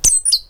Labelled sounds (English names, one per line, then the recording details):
Stitchbird song
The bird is a male
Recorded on Tiritiri Matangi Island, New Zealand, in 2005
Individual 18, of nest box 26